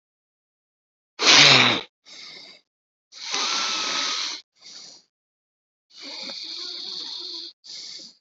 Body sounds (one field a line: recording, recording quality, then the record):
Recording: deep breathing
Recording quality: excellent, no background noise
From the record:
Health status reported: COVID-19 positive, mild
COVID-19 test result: positive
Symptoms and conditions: cough, fatigue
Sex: male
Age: 35 years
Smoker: not ticked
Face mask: not worn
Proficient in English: yes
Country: India